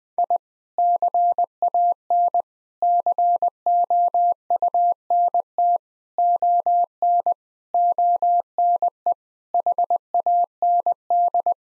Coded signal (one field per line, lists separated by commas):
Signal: Morse code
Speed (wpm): 20 wpm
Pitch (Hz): 700 Hz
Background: none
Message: I CAN COUNT ON ONE HAND